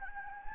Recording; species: mosquito wingbeat signal from an infrared sensor; Anopheles gambiae